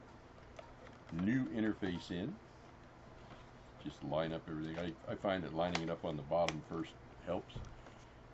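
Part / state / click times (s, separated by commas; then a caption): facial interface onto VR headset frame / not seated / none. A new facial interface is lined up on a BOBO VR F2 headset frame, bottom edge first, while someone talks. Nothing has seated or clicked into place yet.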